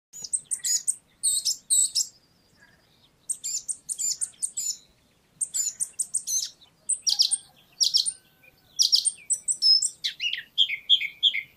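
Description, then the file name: Eurasian blackcap, quick clusters of high scratchy notes with short pauses, then a few lower notes near the end. "Sylvia atricapilla"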